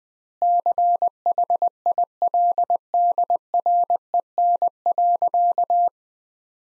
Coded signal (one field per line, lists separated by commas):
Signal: Morse code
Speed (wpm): 20 wpm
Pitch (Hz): 700 Hz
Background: none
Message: CHILDREN.